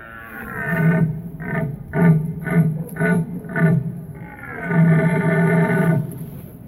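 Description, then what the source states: Red deer uttering a quick series of short, deep grunting roars, then one long, drawn-out bellow. Rutting calls near Mława, Poland, November 2019.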